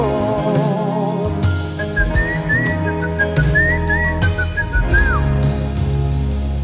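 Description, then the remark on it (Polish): A bright, lilting whistled twist melody dances over a bouncy band accompaniment, the notes sliding and trilling before ending on a falling swoop. “idzie sobie w świat, gwizdze twista. Gwizdze go.”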